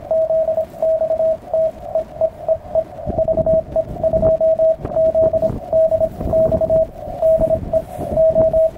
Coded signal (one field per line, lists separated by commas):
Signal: Morse code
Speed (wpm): 26 wpm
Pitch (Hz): 640 Hz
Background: radio noise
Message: ZXT EE EE VE2ZDX DE O